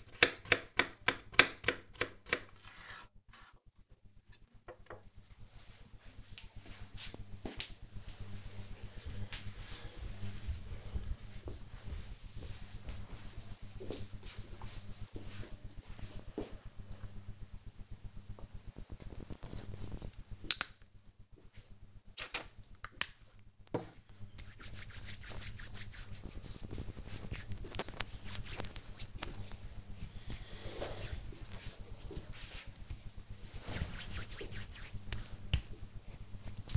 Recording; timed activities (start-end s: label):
household activities, microphone on the right wrist
0.00-3.44 s: cutting vegetables
18.56-36.70 s: disinfecting hands